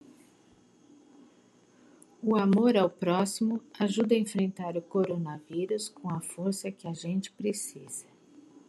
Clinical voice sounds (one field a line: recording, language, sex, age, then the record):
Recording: spoken sentence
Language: Brazilian Portuguese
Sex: female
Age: 50 to 59 years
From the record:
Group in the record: control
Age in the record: 58 years